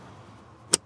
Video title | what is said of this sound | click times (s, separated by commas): 2011 - 2020 Toyota Sienna Cabin Air Filter Change -- DIY Tutorial | then a click on the right side. | 0.7 s